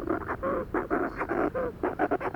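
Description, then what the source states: Manx shearwater in a burst of hoarse, panting calls in a rapid series. Recorded in 2007.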